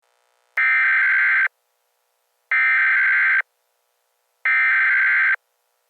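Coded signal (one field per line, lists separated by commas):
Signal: Emergency Alert System (SAME) tones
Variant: header bursts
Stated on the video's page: Fictional EAS scenario.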